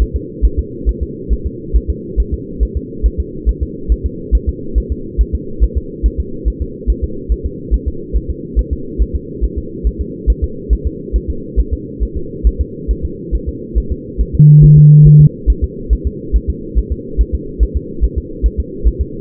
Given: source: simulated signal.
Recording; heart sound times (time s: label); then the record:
fetal heart sounds
0.02 s: S1
0.16 s: S2
0.45 s: S1
0.59 s: S2
0.89 s: S1
1.03 s: S2
1.33 s: S1
1.47 s: S2
1.76 s: S1
1.90 s: S2
2.20 s: S1
2.34 s: S2
2.63 s: S1
2.77 s: S2
3.06 s: S1
3.20 s: S2
3.49 s: S1
3.63 s: S2
3.92 s: S1
4.06 s: S2
4.35 s: S1
4.49 s: S2
4.78 s: S1
4.92 s: S2
5.21 s: S1
5.35 s: S2
5.64 s: S1
5.77 s: S2
6.06 s: S1
6.20 s: S2
6.48 s: S1
6.62 s: S2
6.90 s: S1
7.04 s: S2
7.32 s: S1
7.46 s: S2
7.74 s: S1
7.88 s: S2
8.16 s: S1
8.30 s: S2
8.59 s: S1
8.73 s: S2
9.02 s: S1
9.16 s: S2
9.44 s: S1
9.58 s: S2
9.87 s: S1
10.01 s: S2
10.30 s: S1
10.44 s: S2
10.73 s: S1
10.87 s: S2
11.16 s: S1
11.30 s: S2
11.59 s: S1
11.73 s: S2
12.03 s: S1
12.17 s: S2
12.47 s: S1
12.61 s: S2
12.91 s: S1
13.05 s: S2
13.35 s: S1
13.49 s: S2
13.78 s: S1
13.92 s: S2
14.21 s: S1
14.35 s: S2
14.64 s: S1
14.78 s: S2
15.07 s: S1
15.21 s: S2
15.50 s: S1
15.64 s: S2
15.93 s: S1
16.07 s: S2
16.36 s: S1
16.50 s: S2
16.78 s: S1
16.92 s: S2
17.21 s: S1
17.35 s: S2
17.63 s: S1
17.77 s: S2
18.04 s: S1
18.18 s: S2
18.46 s: S1
18.60 s: S2
18.87 s: S1
19.01 s: S2
From the record:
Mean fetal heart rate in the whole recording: 140 bpm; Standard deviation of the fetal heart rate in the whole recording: 2 bpm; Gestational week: 34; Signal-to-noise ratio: -4.3 dB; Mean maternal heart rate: 72 bpm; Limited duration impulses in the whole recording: present